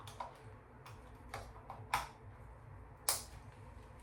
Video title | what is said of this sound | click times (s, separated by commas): UNBOXING - I WOULD RECOMMEND USEFUL FOR A PORTABLE CAMERA 😊#djdejarn | Satisfying click, and there you go. | 3.1 s